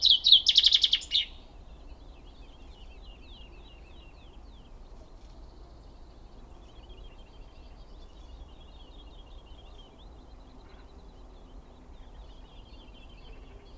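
Birdsong in open country: a loud burst of high chirps in the first second, then softer trills repeating over a low steady rumble.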